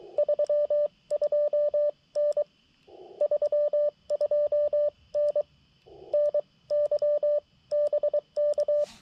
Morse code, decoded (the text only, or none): 32N 32N NYBK